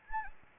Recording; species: mosquito wingbeat signal from an infrared sensor; Anopheles gambiae